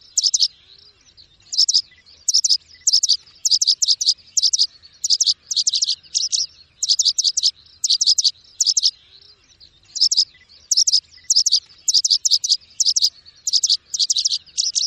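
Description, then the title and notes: Bird song of bright, high chirps grouped in quick bursts, repeated steadily for the whole stretch with a few longer pauses. Bird ringtone, described as having a melodious voice. "Burung Dengan Suara Merdu"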